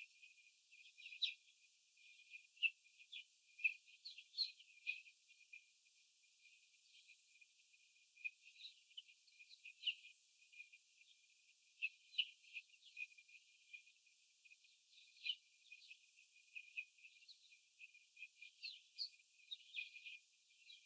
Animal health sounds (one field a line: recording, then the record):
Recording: young laying hens in a cage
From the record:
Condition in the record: after the stressor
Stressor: sudden umbrella opening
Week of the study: 3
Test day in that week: 2